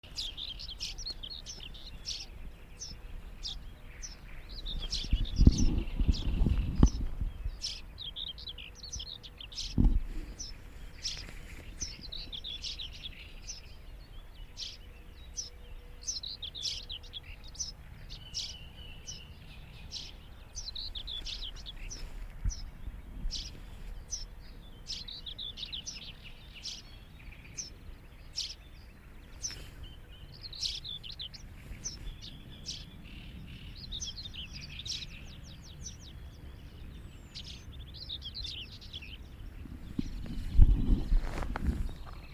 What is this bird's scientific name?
Passer montanus